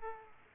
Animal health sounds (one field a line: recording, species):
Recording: mosquito wingbeat signal from an infrared sensor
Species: Aedes aegypti